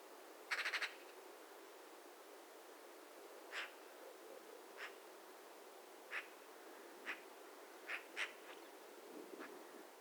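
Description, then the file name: Eurasian magpie harsh chattering call: one short rattling burst at the start, then scattered single dry chacks over a quiet hiss. "Pica pica"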